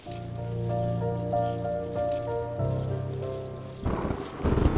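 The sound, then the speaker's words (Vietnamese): Heavy rain pours steadily onto a roof thatched with coconut leaves at a rural home, with wind drafting through the walls; its hiss runs beneath a low, sustained humming drone, then the downpour surges into a louder, rougher rush in the final second. “Ở quê nhà, mưa trút xuống mái nhà lợp lá dừa, gió lùa qua vách khiến cho ngọn đèn dầu chập chờn chực tắt.”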